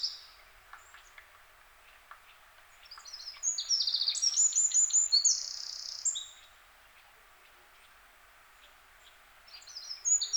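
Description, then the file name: Eurasian wren song: a quiet stretch, then a vigorous burst of high, rattling trills and whistles, and another phrase starting near the end. "Troglodytes troglodytes"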